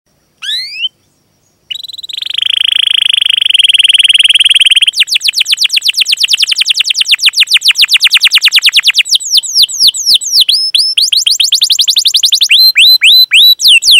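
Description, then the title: Canary song opening with a rising note, a short pause and a long steady buzzy trill, then a sustained run of fast repeated falling whistles. Lure song (pancingan) of a canary described as singing vigorously and at length, with a full repertoire of song content. "PANCINGAN Kenari GACOR PANJANG. Pancingan Gacor Full Isian"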